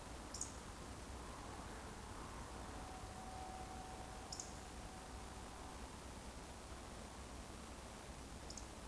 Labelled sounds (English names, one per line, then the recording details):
Eurasian Woodcock whistle
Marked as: whistle, whistle, whistle
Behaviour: display flight
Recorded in Baden-Württemberg, Germany, on 12 June 2020 at 20:37 UTC
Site 14569, 102 m above sea level